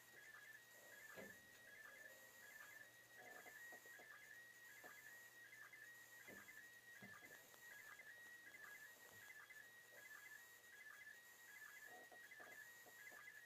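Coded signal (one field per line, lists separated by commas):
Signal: SSTV (slow-scan television)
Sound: steady warbling tone around 2 kHz with rhythmic chirps, under hiss and crackle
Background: radio static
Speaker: So far, pretty good picture. Now we're getting a little bit noisy now.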